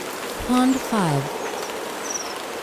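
Wedge-capped capuchin calls: a short, flat harmonic tone, then a downward-sliding, slightly wavering cry, over steady background noise.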